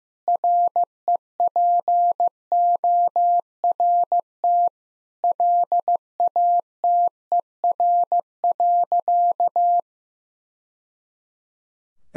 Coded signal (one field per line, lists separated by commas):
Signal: Morse code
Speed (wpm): 15 wpm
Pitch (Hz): 700 Hz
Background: none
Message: REPORT LATER.